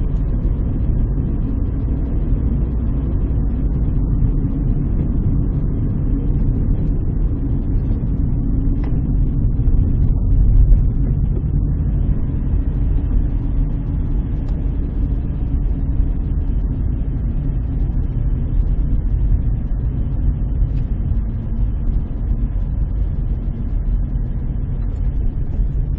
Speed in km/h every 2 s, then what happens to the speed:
45, 45, 43, 36, 32, 30, 29, 27, 27, 24, 23, 21, 18.
4-26 slows to 18.